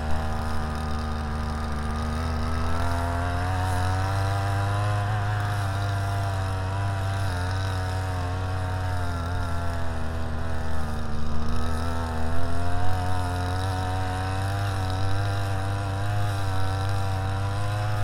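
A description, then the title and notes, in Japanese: A brush cutter runs steadily in a rural field, its engine whine holding a constant pitch with slight wavers as the load shifts. A deep, steady rumble underneath suggests a tiller working nearby. The mechanical drone fills the whole clip without pause. 草刈機でひたすら草刈り。夏真っ盛り！少し日のかげりはじめる15時すぎから草刈機で草刈り。サツマイモの畝の間を行ったり来たりしながら、ツルを切らないよううに慎重に刈っていきます。途中から旦那さんも隣の畑のネギの中耕に耕運機でやって来ましたか。農村の機械音の風景です。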